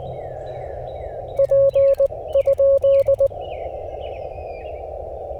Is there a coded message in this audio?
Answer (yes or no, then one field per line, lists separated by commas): yes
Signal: Morse code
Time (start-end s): 1.4-3.3 s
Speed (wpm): 19 wpm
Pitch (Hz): 550 Hz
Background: none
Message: P ?